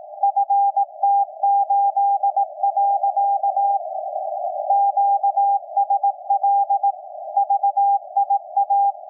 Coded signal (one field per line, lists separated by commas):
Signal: Morse code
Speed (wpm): 18 wpm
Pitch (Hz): 800 Hz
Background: none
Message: FT8. QSL VIA